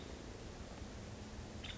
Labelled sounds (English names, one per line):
Nuttall's Woodpecker